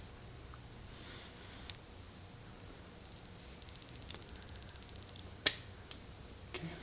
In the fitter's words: Pops right in.